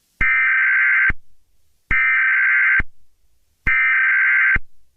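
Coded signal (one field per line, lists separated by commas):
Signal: Emergency Alert System (SAME) tones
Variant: header bursts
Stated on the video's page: Simulated EAS scenario about extreme heat, containing valid EAS tones.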